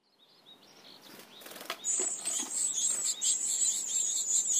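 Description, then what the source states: Japanese tit calling: after a quiet start with a few soft flutters, a thin, very high buzzy note begins and carries on to the end. Kokubunji, 7 June 2015.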